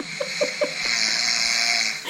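A single snoring breath from an adult woman asleep on her back on a sofa, wearing a face mask: a few quick rattling flutters at the start, then a long, airy, rasping breath. Snoring comes from soft tissue in the throat vibrating during sleep and is most common when lying on the back.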